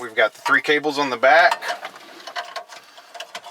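Someone talks while handling the plastic wiring harness connectors for the three cables at the back of a 2002–2004 Nissan Altima car radio head unit, with a few light handling clicks and rattles after the speech. Nothing has seated or clicked into place yet.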